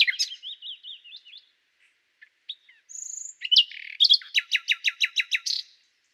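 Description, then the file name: Common nightingale song: warbling notes, a sustained high whistle, then a loud, fast series of repeated sharp notes. "Luscinia megarhynchos"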